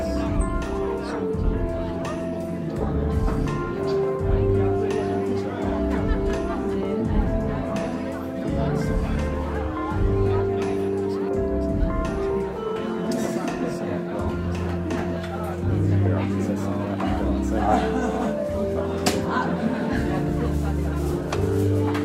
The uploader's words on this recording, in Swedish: Baren. En timme sorlande barljud.